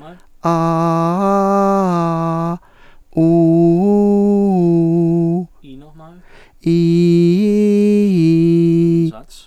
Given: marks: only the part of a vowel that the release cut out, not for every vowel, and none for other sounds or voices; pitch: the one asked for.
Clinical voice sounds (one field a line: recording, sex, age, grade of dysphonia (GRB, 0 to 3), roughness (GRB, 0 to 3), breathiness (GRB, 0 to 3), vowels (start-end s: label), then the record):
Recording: sustained vowels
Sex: male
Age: 60 to 69 years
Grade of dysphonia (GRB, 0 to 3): 0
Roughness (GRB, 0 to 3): 0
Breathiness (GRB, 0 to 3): 0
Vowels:
0.65-2.39 s: vowel /a/, low-high-low pitch
3.35-5.24 s: vowel /u/, low-high-low pitch
6.78-8.87 s: vowel /i/, low-high-low pitch
From the record:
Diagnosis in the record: hyperfunctional dysphonia, diplophonia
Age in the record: 62 years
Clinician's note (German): Ausgeprägt mit Phonationsverdickung